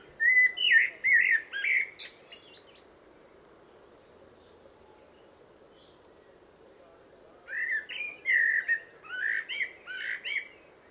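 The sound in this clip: Bird calling in two bursts of quick, slurred chirps and twittering notes, the first lasting about two seconds, a quiet pause, then a second longer burst; steady low background hum.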